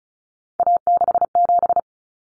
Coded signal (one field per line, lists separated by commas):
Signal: Morse code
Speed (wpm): 34 wpm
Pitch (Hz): 700 Hz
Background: none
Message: A67